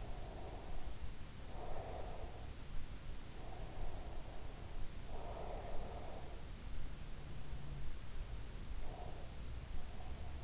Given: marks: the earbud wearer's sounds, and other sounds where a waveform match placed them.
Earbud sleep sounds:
sounds in sleep by an in-ear microphone; breath
0.00-2.58 s: breath
3.34-6.28 s: breath
8.79-10.44 s: breath

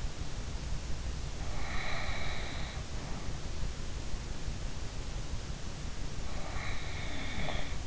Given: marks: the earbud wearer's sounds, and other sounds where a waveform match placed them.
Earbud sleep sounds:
sounds in sleep by an in-ear microphone; snoring breath
1.35-3.38 s: snoring breath
6.55-7.87 s: snoring breath

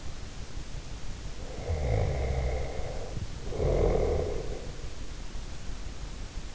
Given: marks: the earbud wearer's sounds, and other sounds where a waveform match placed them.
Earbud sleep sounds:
sounds in sleep by an in-ear microphone; breath
1.51-4.76 s: breath

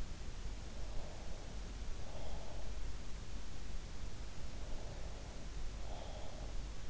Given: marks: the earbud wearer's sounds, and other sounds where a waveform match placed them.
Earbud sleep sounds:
sounds in sleep by an in-ear microphone; breath
0.84-2.89 s: breath
4.51-6.86 s: breath

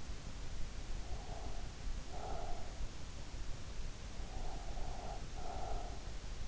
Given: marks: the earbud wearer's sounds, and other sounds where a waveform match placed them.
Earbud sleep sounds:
sounds in sleep by an in-ear microphone; breath
1.02-2.78 s: breath
4.34-5.99 s: breath

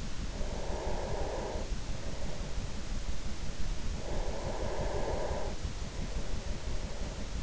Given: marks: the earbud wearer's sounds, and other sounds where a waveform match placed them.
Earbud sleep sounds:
sounds in sleep by an in-ear microphone; breath
0.32-3.58 s: breath
3.84-7.43 s: breath

